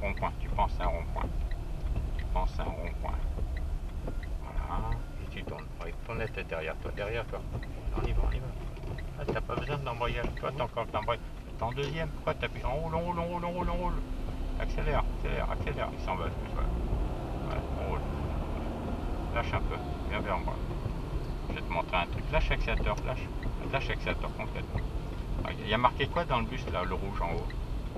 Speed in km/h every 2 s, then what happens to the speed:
18, 15, 13, 14, 13, 14, 16, 26, 37, 41, 38, 37, 34, 32.
0-11 steady at about 14. 11-17 speeds up to 41.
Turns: 4-9.